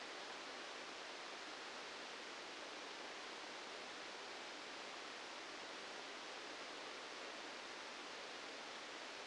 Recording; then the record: brain microelectrode recording played as sound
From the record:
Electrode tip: outside the subthalamic nucleus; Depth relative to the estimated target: -6 mm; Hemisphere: left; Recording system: NeuroSet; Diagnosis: Parkinson's disease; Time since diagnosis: 13 years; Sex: male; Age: 65 years